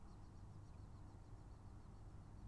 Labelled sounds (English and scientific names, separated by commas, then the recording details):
Mallard (Anas platyrhynchos)
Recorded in Germany
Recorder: ecoPi